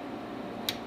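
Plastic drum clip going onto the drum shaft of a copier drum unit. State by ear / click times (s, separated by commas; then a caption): seated / 0.7 s. A plastic drum clip is pressed home again onto the drum shaft of a copier drum unit to demonstrate its snap, over a low steady background. A sharp click at 0.7 s is the clip snapping home, followed by a softer click at 0.9 s. The clip is seated.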